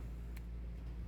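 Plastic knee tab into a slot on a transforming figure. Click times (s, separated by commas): 0.4 s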